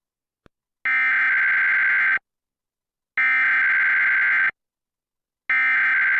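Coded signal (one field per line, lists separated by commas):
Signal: Emergency Alert System (SAME) tones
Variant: header bursts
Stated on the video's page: Required monthly tests: KOAC-FM audio recorded from a stereo with a Zoom H1 recorder; KOPB-TV captured from the PBS streaming app via Roku.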